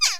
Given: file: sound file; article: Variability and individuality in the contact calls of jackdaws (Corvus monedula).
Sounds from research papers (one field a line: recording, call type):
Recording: jackdaw call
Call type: harmonic